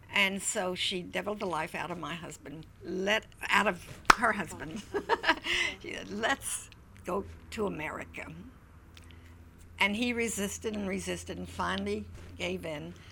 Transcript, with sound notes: And so she devilled the life out of my husband, out of her husband. ( she laughs ) "Let's go to America." And he resisted and resisted and finally gave in.